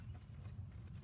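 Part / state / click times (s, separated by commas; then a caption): plastic wire holder box lid onto its base / not seated / none. The small plastic clip box that holds the brake wear sensor wire on a 2008 BMW 135i E82 with front OEM Brembo brakes is being closed, its lid handled onto its base. Mostly steady low rumble is heard, with a faint brief tick near 0.9 s. The lid has not clicked shut yet; nothing has seated.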